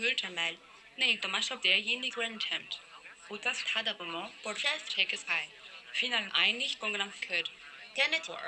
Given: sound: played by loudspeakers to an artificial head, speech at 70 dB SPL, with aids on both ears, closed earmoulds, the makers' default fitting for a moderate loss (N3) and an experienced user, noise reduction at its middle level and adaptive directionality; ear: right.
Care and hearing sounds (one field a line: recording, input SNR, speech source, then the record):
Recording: speech test signal (ISTS) in cocktail-party noise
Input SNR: +9 dB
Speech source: in front (0 degrees)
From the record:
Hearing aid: class 1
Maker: I